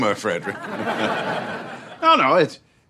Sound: laughter

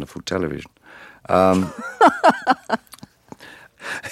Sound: laughter

